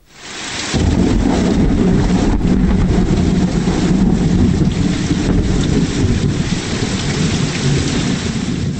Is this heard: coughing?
no